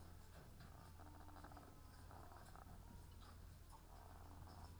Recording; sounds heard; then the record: poultry house recording; sick chickens (respiratory disease)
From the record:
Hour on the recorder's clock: 18